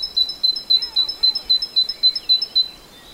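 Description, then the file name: Great tit song, a steady run of about a dozen high, clear two-note phrases repeated quickly, with faint softer chirps from another bird underneath. "Parus major"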